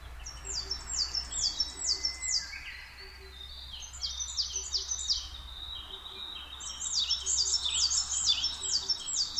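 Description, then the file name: Coal tit singing rapid high two-note phrases, two birds overlapping, with faint soft notes and a low steady hum underneath. Recorded 22 May 2010 at 17:33. "higara-20100522-1733"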